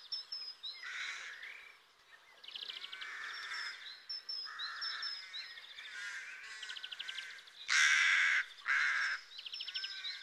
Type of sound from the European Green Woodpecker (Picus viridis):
song